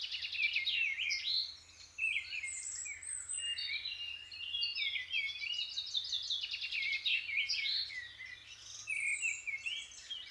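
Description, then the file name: Several birds singing together as they wake, busy trills, chirps and slurred whistles overlapping almost without pause, a soft low hum beneath. Birds waking up. "L'éveil des oiseaux (extrait)"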